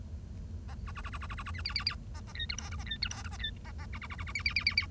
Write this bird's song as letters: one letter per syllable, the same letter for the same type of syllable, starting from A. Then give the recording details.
A B B B B B B B B C C C C A A D E F G A D E F G A D A A B B B B B C C C C C. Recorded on 1 October 2012 at 10:07. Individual or60yw70